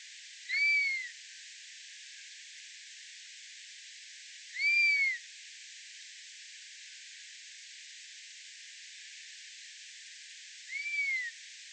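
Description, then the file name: Common buzzard uttering three arched, downslurred mews at uneven intervals of four to six seconds, over a quiet hissing background. "Buzzard"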